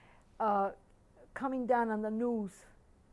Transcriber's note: none